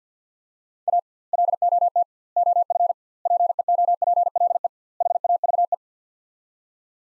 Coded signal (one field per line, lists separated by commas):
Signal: Morse code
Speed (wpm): 49 wpm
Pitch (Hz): 700 Hz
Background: none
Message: A LOT OF PEOPLE HAVE